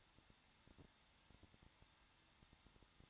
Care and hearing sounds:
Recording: daily activity, microphone in the room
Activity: no activity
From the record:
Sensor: 3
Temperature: 21.2 degrees Celsius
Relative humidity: 36.5%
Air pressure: 1006.4 hPa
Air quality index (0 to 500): 224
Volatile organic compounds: 44 ppm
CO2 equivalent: 3216 ppm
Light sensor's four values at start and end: 2/3/2/2 and 2/3/2/2

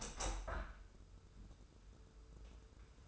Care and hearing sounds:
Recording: daily activity, microphone in the room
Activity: open window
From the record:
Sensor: 2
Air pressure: 995.6 hPa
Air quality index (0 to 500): 86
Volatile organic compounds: 4 ppm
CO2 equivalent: 1551 ppm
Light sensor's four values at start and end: 24/76/30/29 and 24/77/31/29

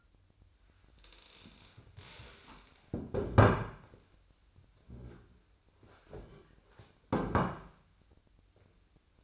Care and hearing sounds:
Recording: daily activity, microphone in the room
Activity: stand up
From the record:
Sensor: 2

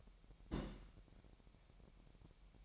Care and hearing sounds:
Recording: daily activity, microphone in the room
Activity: place on stove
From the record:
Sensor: 1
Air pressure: 1012.1 hPa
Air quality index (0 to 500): 222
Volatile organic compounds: 5 ppm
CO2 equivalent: 1778 ppm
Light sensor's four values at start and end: 75/177/76/80 and 75/177/76/80

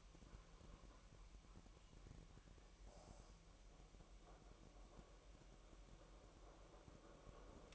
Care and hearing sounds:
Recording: daily activity, microphone in the room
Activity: make coffee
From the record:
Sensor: 1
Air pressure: 1002.0 hPa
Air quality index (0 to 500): 242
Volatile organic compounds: 47 ppm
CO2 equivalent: 3256 ppm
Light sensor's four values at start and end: 8/28/10/11 and 8/28/10/11

